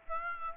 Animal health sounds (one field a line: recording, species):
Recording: mosquito wingbeat signal from an infrared sensor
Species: Aedes aegypti